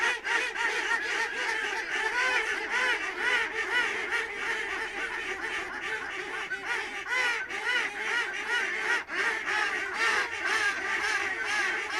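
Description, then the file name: Ducks in a noisy flock, nasal quacks and honking notes overlapping steadily. Ducks recorded at Lunel. "canards lunel"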